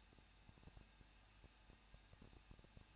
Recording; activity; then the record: daily activity, microphone in the room; no activity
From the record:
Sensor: 2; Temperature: 21.0 degrees Celsius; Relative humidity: 37.4%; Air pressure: 1006.2 hPa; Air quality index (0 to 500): 222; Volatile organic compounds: 24 ppm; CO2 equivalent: 2809 ppm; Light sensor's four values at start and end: 2/3/2/2 and 2/3/2/2